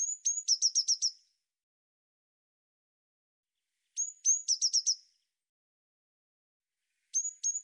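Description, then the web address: Eurasian blue tit repeating its call a few seconds apart: two high whistles followed by a rapid string of buzzy notes, three times. "cianscape birddata Deverinetal 2025 File cleaned normalized Bird Cy Ca"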